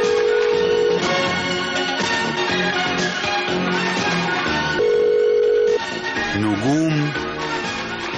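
A telephone rings in two steady, one-second tonal bursts a few seconds apart, set against a dense, busy background of music and sound.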